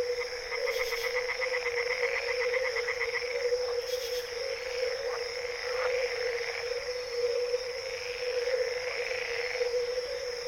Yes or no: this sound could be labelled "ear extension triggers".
no